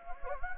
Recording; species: mosquito wingbeat signal from an infrared sensor; Anopheles gambiae